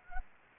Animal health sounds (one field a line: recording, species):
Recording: mosquito wingbeat signal from an infrared sensor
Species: Anopheles gambiae